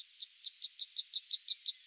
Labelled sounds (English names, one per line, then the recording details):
Yellowhammer song
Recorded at under 5 m from the bird
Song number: 002